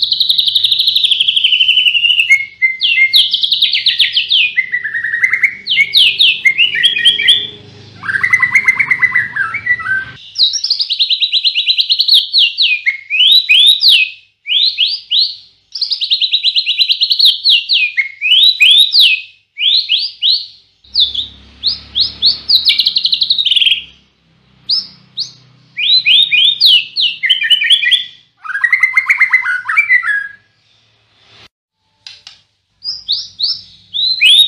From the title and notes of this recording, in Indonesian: Masteran Murai Batu. Suara burung.